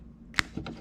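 A plastic holder is closed over a 4-pin wiring connector after the wires are pinned into it, on a DIY wiring harness for a Baja Designs LP6/LP4 light on a Harley-Davidson. A sharp snap is heard at 0.4 s, followed by a softer tap around 0.7 s. The connector holder snaps closed and is seated.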